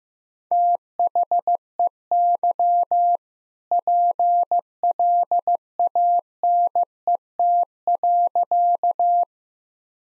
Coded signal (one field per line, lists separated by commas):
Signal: Morse code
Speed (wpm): 15 wpm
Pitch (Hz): 700 Hz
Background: none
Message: THEY PLANET.